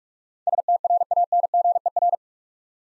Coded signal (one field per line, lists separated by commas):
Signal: Morse code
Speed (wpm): 44 wpm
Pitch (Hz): 700 Hz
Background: none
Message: STRANGER